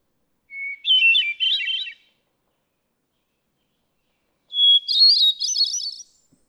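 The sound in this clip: Hermit thrush gives two flutelike phrases about four seconds apart, each an introductory whistle followed by a spiralling, tremulous run of notes, the second pitched higher.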